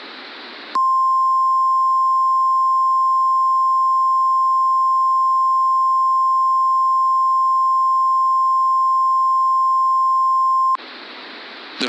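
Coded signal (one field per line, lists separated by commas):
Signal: Emergency Alert System (SAME) tones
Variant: 1050 Hz attention tone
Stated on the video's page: Simulated nuclear winter EAS scenario.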